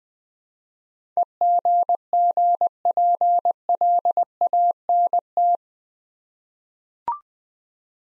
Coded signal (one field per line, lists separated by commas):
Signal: Morse code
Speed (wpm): 20 wpm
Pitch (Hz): 700 Hz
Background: none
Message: EGGPLANT